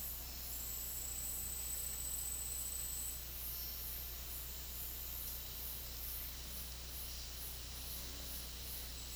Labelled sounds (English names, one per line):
none